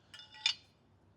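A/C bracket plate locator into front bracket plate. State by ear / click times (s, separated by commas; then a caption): seated / 0.5 s. The threaded locator on the A/C bracket plate of an Unrivaled Engineering Ford Windsor A/C serpentine kit is fitted into the front plate of the metal serpentine accessory bracket assembly. After a couple of softer metallic touches, a sharp metallic chink sounds at 0.5 s as the locator clicks into place and seats, then the sound quickly fades to quiet.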